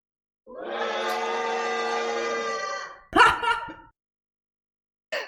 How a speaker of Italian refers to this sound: Per questo aiutateci, dateci un segnale sonoro della vostra presenza. Lo so che fa un po' villaggio turistico, però al mio tre, per favore, vi manifestate con un urlo.